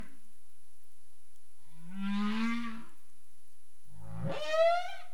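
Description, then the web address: Humpback whale calls: a low, steady moan followed by a sharply rising upsweep that starts as a rough grunt, both carrying many harmonics. Caribbean; 27 April 2035 at 22:17 UTC. "CARIMAM clean data humpback whale"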